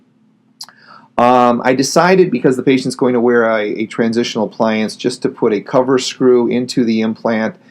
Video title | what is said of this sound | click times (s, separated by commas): Atraumatic Extraction of a Non Restorable Maxillary Lateral Incisor | it will actually click you'll hear it click at 30 Newton centimeters and we know | 0.6 s